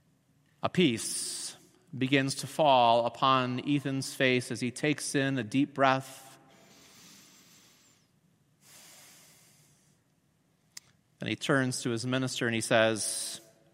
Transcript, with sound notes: A peace begins to fall upon Ethan's face as he takes in a deep breath (inhales and exhales deeply) .
Then he turns to his minister and he says,